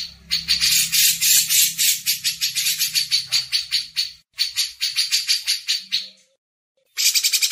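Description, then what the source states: Grey-cheeked bulbul producing long harsh, scratchy chatter of quick repeated notes, pausing briefly before another burst begins. Masteran training audio.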